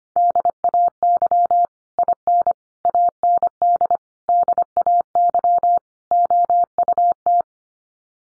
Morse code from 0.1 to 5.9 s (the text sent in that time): DAY IN AND DAY